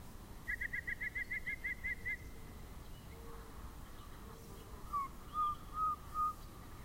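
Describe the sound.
Yellow-breasted chat song: a rapid run of about twelve piping notes, a pause, then four slow separate whistles at lower pitch, over faint low noise.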